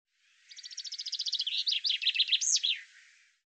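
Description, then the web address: Bird singing a phrase that starts with rapid repeated high notes, swells in volume, and finishes with several rolling, arched notes. "cianscape birddata Deverinetal 2025 Bird Fr Co"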